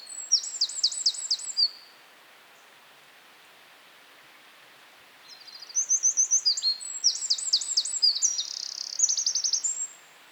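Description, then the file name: Eurasian wren song: the tail of one rapid trilled phrase, a pause of several seconds, then another long, high, rattling song of quick repeated notes. "Troglodytes troglodytes"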